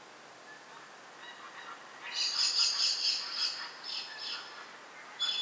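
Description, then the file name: Common blackbird giving a blurred burst of high, chattering notes lasting a few seconds, then a sharp note at the end. "Turdus merula"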